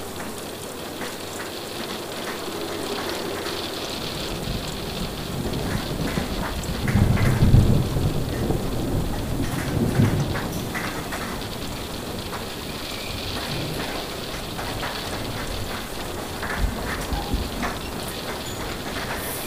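Steady, dense rain hisses throughout, with scattered drops tapping on a surface. A deeper rumble of thunder swells around the seven-second mark and again near ten seconds, then fades back into the even patter of rain.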